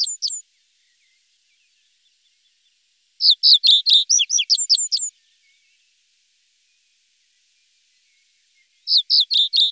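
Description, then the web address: Common reed bunting giving short high chirping phrases of about ten quick notes, with the phrases several seconds apart and silence between them. "vogelstimmen rohrammer"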